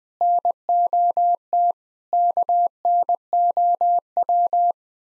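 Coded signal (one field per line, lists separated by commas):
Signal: Morse code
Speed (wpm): 20 wpm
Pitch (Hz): 700 Hz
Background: none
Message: NOT KNOW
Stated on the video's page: Morse practice sets of five words at 17 wpm base speed, starting fast and slowing; fastest is 1.5 times slowest, final repeat at maximum speed.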